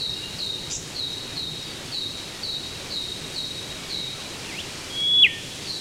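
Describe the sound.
Whipbird whistle ending in a sharp downward crack near the end, over a steady series of short high notes.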